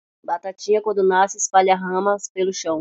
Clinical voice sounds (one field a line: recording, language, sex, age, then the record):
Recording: short text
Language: Brazilian Portuguese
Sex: female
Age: 40 to 49 years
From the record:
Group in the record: control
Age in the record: 47 years